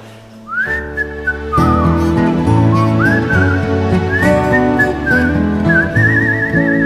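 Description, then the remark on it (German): A singer whistles a lilting, wavering melody in a high register at a live concert, sliding between notes, over a full, steady instrumental backing of sustained chords that swells in after the first moments. “Wir setzen dann noch ein, wo … pfeift noch einmal.”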